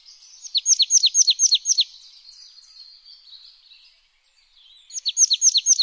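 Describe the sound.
Bird calling in a quick series of several high, sharp, downslurred notes, then a pause before another similar burst begins.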